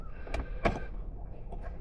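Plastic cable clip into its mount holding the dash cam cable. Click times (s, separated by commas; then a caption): 0.3 s. A small plastic cable-retaining clip holding the wire of a Red Tiger F77 dash cam is pushed down into its mount inside a car. It snaps into place with a short, sharp click at 0.3 s, followed by a louder broadband knock around 0.7 s and faint rustling. The clip seats and locks the cable in.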